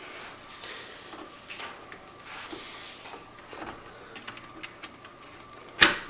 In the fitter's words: two snaps that's in there